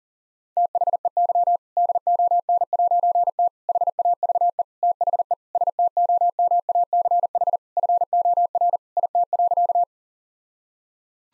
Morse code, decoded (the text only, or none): THEY DON'T HAVE THE STOMACH FOR IT.